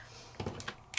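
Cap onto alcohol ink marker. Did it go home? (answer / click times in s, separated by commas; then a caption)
yes / 1.0 s. A plastic cap is pushed onto an alcohol ink marker, with a few soft handling taps before it snaps into place with a sharp click at 0.97 s. The cap is seated.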